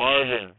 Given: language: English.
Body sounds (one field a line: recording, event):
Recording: throat vibration sensor signal played as sound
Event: speech